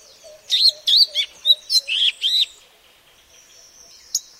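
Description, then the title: Madagascar magpie-robin giving a short run of bright, slurred whistled notes, then a pause and one final sharp note. "suara burung kacer madagaskar"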